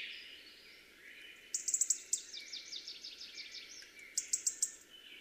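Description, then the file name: European robin singing a short phrase: a run of rapid, evenly repeated descending notes framed by sharp, very high ticking notes near the start and end. "Erithacus rubecula"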